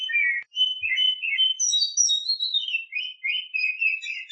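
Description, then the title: Oriental magpie-robin song: a short continuous run of varied whistles, high rising and falling slurs and quick chattering notes, with one faint low thump. Champion songbird. "Kicau Burung Kacer Juara"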